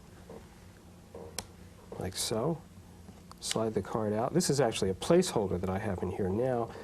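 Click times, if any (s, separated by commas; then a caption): 1.4 s. The plug-in card slot lock on a handheld organizer is unlocked with a short, sharp click at 1.4 s, releasing it so the placeholder card can be slid out. Someone talks before and after the click.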